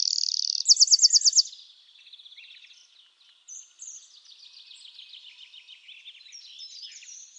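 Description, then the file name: Eurasian wren song: a loud, very high buzzy trill and rapid looped notes, followed by a long, quieter stretch of faint twittering. "Troglodytes troglodytes"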